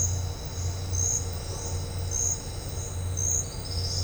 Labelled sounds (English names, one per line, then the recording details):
none
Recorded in dense forest near Puerto Asís, Putumayo, Colombia, on 4 March 2025 at 10:00
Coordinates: 0.468, -76.322
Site GP01